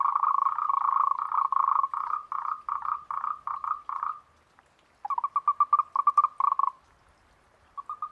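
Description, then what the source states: Moltrecht's green treefrogs in chorus, rapid runs of short, clucking pulsed notes, twice pausing briefly before resuming. Chorus, recorded at Huilay.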